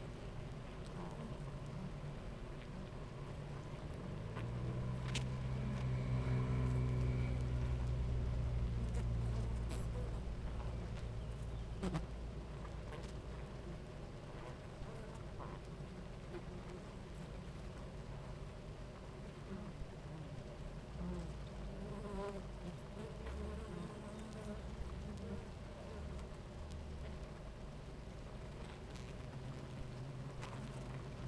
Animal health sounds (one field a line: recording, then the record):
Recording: honeybee colony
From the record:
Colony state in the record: active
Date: 28 July 2017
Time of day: 10:22